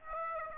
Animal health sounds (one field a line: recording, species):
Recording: mosquito wingbeat signal from an infrared sensor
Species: Aedes aegypti